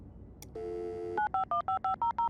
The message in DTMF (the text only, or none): 95155